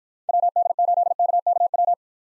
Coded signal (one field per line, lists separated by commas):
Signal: Morse code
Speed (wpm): 53 wpm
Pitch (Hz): 700 Hz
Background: none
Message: WD8KKW